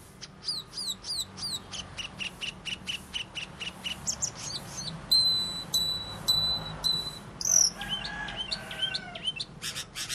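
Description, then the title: Asian fairy-bluebird pours out rapid sharp chirps, a flat high trill, a slurred whistle and scattered quick notes, busy and varied throughout. Unusual, persistent 'gacor' style singing. "Cucak Keling Gacor Unik"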